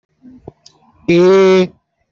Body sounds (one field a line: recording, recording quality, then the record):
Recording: sustained vowel as in made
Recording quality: excellent, no background noise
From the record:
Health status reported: healthy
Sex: male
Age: 24 years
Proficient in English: yes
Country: India